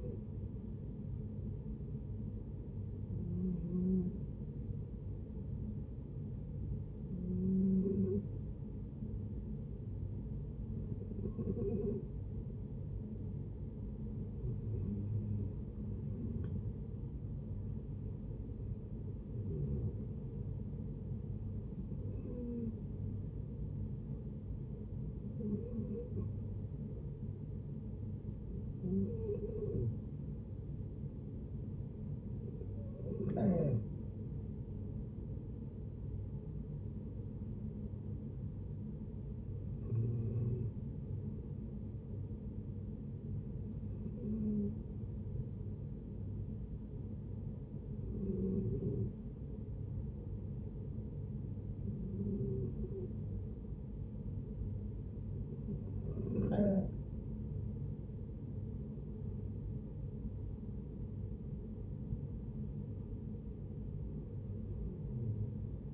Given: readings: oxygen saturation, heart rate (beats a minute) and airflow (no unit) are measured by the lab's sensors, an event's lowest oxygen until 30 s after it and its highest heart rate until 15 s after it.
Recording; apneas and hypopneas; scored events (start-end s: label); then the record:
breathing in sleep by a smartphone at the bedside; 3
4.00-16.50 s: hypopnea (N1, oxygen 93% highest, then 89% lowest, heart rate 68 at the start, 69 highest)
22.00-35.60 s: hypopnea (N1, oxygen 93% highest, then 89% lowest, heart rate 69 at the start, 69 highest)
45.00-57.40 s: hypopnea (N1, oxygen 94% highest, then 89% lowest, heart rate 68 at the start, 69 highest)
From the record:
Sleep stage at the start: N1 (lightest sleep); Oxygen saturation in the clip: 89 to 94%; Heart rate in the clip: 61 to 70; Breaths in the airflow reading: 18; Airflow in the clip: -8.0 to 8.4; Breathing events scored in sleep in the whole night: 496 in 5.4 hours asleep